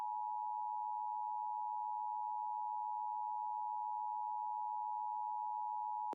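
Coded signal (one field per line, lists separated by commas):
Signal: Emergency Alert System (SAME) tones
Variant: 853 and 960 Hz attention tone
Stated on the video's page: Mock scenario of fictional alerts for a real-life Fortnite storm across the United States.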